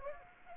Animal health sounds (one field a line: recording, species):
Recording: mosquito wingbeat signal from an infrared sensor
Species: Anopheles gambiae